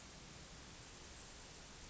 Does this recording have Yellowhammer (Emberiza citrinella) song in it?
no